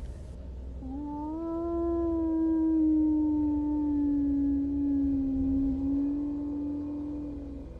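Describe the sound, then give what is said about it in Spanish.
A single long, mournful canine howl holds a steady mid-low pitch for several seconds, rising slightly at the start and sagging gently toward the end, over a low background rumble. “hasta que, como si eso pudiera saber que estaba despierto, aulló varias veces en la misma dirección. Aullaba hacia mi casa.”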